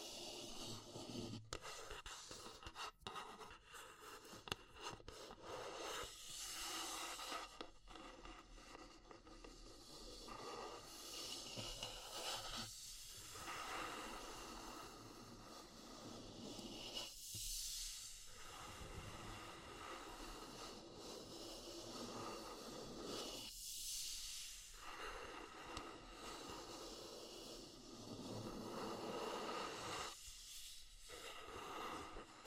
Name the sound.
Natural Triggers Wood, Bamboo and Straw